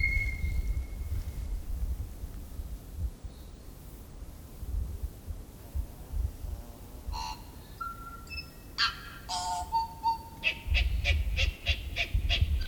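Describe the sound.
Tui song: an opening whistle, then after a pause scattered clicks, whistles and harsh notes, ending in a run of rapid notes, over steady low rumble.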